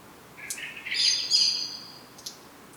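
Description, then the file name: Common blackbird call: a lower buzzy note near the start rising into a thin, high whistle held about a second, then a brief faint chirp. "Turdus merula"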